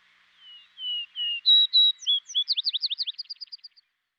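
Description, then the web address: Vesper sparrow song opening with low drawn-out whistles, rising to louder clear notes before a quick, thinning trill of short sweet notes that fades out. Western North America. "Dan Gibson Wildlife Identification By Sound, Western North America. Vesper Sparrow"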